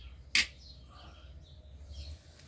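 A piece of a model car is pressed into its mating fork mount and snaps into place with a single sharp click at 0.4 s. The part is now seated, after not having been pushed in properly before. No one talks during the clip, and only faint background noise follows the click.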